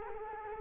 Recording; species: mosquito wingbeat signal from an infrared sensor; Culex quinquefasciatus